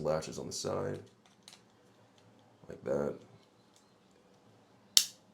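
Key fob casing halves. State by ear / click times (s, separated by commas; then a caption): seated / 5.0 s. Someone talks while pressing the two plastic casing halves of a Mini Countryman key fob back together after changing its battery. A loud, sharp snap is heard at 5.0 s as the fob casing seats shut.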